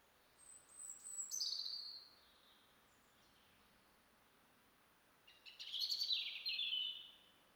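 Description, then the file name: European robin song: a high descending phrase of thin, sweet notes, a quiet pause, then a longer jumbled warbling phrase with trills. "Erithacus rubecula"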